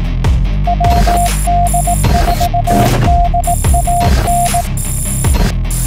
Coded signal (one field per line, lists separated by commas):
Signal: Morse code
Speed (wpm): 18 wpm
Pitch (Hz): 700 Hz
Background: none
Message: WD4DAN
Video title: Be a better POTA CW Hunter - Don't Zero Beat!